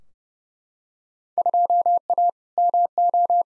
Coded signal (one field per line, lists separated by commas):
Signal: Morse code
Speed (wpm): 29 wpm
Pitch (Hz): 700 Hz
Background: none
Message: 2A MO